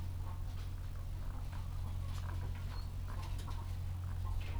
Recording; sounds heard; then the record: poultry house recording; sick chickens (respiratory disease)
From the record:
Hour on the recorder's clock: 13